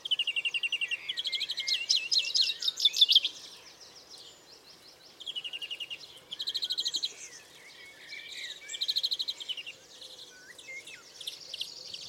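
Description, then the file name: European greenfinch song: bursts of rapid buzzy trills and twittering phrases at high pitch, separated by short pauses. "Chloris chloris"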